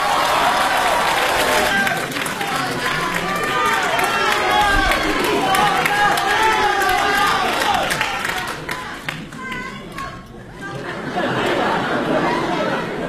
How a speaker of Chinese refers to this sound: 这个感谢您各位。一上来您就报以热烈的掌声。我还没说呢， 可不， 观众多热情，再来一个，再来一个，还没说呢就再来一个